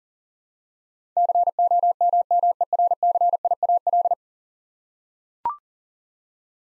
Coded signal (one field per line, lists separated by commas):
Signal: Morse code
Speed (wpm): 37 wpm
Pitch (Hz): 700 Hz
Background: none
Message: COMMERCIAL